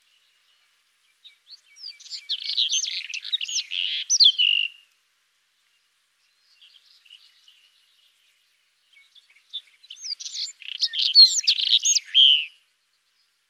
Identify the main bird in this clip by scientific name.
Irania gutturalis